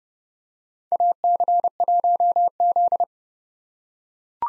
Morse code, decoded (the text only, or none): AC1Z